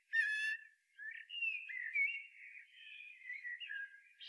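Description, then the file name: Common blackbird: one loud harmonic note opens a long, rambling, quieter warble of melodious whistles that rise and fall continuously. "Turdus merula"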